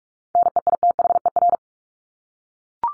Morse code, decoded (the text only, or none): NEITHER